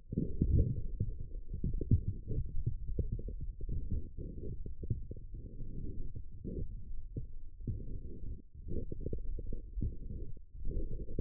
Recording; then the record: forearm muscle sounds (acoustic myography)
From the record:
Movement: forearm supination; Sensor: system 1, eight BSWA MPA416 microphones around the upper forearm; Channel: 7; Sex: male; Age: 18 years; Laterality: right